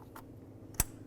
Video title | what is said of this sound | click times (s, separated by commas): How To Replace Engine Water Pump 2009-2018 Ram 1500 | listen for a click give it a tug | 0.8 s